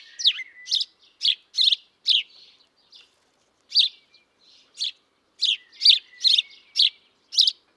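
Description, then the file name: House sparrow chirping: a series of short, sharp chirps repeated about twice a second, with a few brief gaps, against a quiet background. "Passer domesticus"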